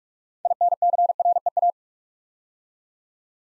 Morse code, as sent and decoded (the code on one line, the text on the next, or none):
.. -. -.-. .-. . .-
INCREA